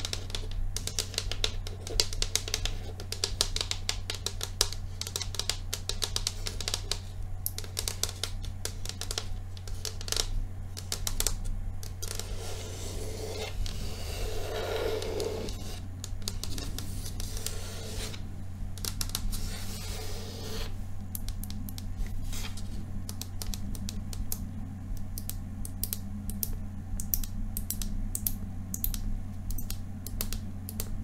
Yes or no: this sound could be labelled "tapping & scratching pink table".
yes